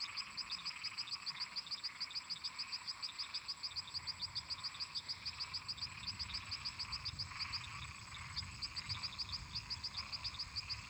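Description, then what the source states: Frogs and toads: marsh chorus, with a rapid series of high clicking notes running throughout over a steady background of other callers. Many toads and frogs calling together in a marsh.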